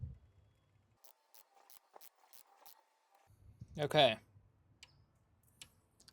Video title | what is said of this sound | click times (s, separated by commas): How to Change Audi A4 Oil - EASY Step-by-Step Guide! | I'm not sure if you can hear that, but that is the click, so that means it is tight enough. | 4.8 s